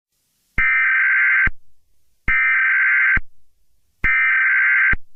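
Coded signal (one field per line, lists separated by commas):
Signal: Emergency Alert System (SAME) tones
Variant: header bursts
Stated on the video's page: Fictional EAS scenario about a school shooting.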